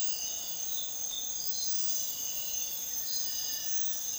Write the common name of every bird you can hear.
none